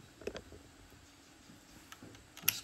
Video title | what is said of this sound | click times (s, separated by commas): OneFinity Journeyman Drag Chain Installation Instruction | click it in and you do that a hundred times it's a | 2.5 s